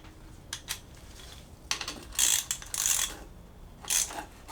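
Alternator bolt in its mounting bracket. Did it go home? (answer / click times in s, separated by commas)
no / 1.7 s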